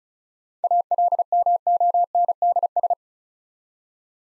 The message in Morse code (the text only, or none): ALMONDS